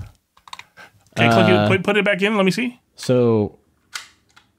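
The plastic head and jaw of a toy ghost action figure are handled as they are pushed back toward the closed position on the figure body. Someone talks, with small plastic handling taps and clicks before and after. Nothing has seated or clicked into place yet by the end of the clip.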